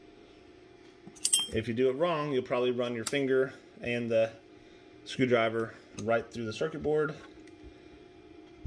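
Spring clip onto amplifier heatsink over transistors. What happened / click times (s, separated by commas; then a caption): The metal spring clip snapped into place / 1.3 s. A metal spring clip that holds output transistors against an amplifier heatsink is pushed down hard with a flathead screwdriver. It snaps into place with two sharp metallic clicks at 1.2 and 1.3 seconds. Someone talks afterward.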